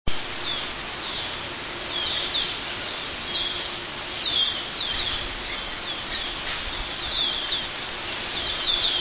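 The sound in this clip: Asian glossy starling calls: repeated high, buzzy chirp clusters spaced a second or two apart, with constant background hiss.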